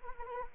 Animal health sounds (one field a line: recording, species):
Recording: mosquito wingbeat signal from an infrared sensor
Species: Anopheles arabiensis